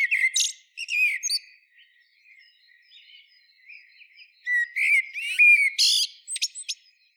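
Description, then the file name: Eurasian blackbird: loud whistled notes with shrill twitters, a stretch of faint warbling, then another bright phrase ending in sharp, high squeaks. "Turdus merula"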